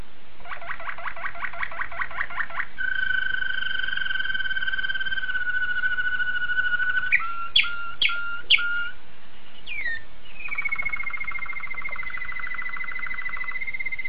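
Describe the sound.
Domestic canary song: rapid trilled phrase, then a long steady whistled tone, a few sharp notes, and another long buzzy trill.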